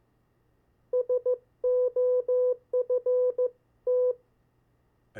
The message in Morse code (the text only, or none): SOFT